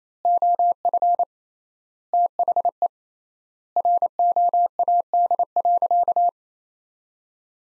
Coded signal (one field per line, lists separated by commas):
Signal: Morse code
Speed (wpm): 27 wpm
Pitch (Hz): 700 Hz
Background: none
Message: OF THE ROAD.